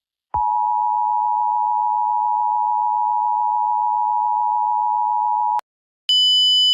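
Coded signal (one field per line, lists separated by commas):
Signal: Emergency Alert System (SAME) tones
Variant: 853 and 960 Hz attention tone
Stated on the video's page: Fictional EAS scenario made as a parody edit, not a real alert.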